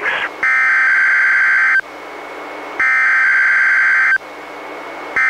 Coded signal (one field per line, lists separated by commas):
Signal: Emergency Alert System (SAME) tones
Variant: header bursts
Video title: EAS #174-176: 3 NWR Required Weekly Tests- May 10-24, 2017